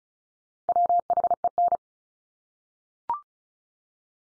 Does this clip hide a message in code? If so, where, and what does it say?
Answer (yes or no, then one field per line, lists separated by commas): yes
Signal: Morse code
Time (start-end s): 0.7-1.8 s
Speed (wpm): 34 wpm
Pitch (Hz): 700 Hz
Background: none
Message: WHEN